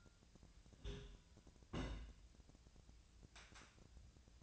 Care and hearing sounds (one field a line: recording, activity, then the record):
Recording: daily activity, microphone in the room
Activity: place on stove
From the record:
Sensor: 2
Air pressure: 1009.8 hPa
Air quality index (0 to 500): 180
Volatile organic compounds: 10 ppm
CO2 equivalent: 2244 ppm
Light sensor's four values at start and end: 32/79/34/38 and 32/79/34/38